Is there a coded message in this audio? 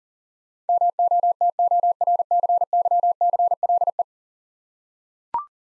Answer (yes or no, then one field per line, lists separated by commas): yes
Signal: Morse code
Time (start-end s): 0.7-4.0 s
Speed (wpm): 40 wpm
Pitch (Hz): 700 Hz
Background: none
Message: MOTORCYCLE